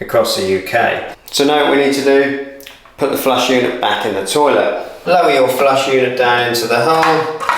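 Someone talks throughout while a plastic toilet flush valve unit is handled and lowered toward the hole of the toilet cistern outlet, where its two plastic clips are meant to snap into place. Nothing has seated or clicked yet; the unit is still being handled and not yet home.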